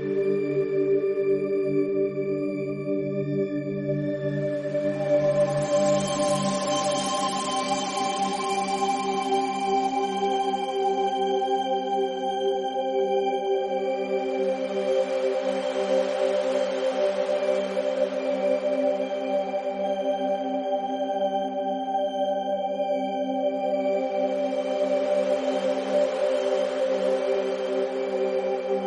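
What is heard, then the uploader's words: Gamma binaural waves: a steady, sustained drone built from stacked low and middle tones that ring like a singing bowl. Soft airy hiss swells and fades in slow waves, peaking around 7, 17 and 26 seconds, while the overall loudness stays even. GAMMA BINAURAL WAVES.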